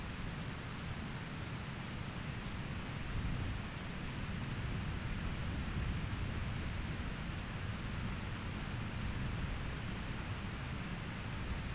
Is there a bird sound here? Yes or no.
no